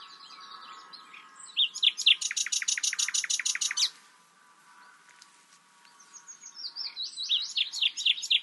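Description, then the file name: Common nightingale singing twittered phrases and a loud harsh rattle lasting about two seconds, then a pause and more varied notes. "Luscinia megarhynchos"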